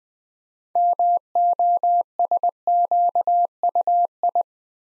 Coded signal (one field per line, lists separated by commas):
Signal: Morse code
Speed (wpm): 20 wpm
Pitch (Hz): 700 Hz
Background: none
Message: MOSQUI